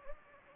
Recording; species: mosquito wingbeat signal from an infrared sensor; Anopheles gambiae